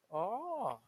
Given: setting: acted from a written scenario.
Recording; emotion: vocal sound without words; realization